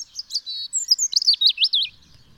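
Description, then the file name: European robin song: a short phrase of thin, high whistles that slides into a rapid run of twisting, warbled notes, then stops. "Erithacus rubecula"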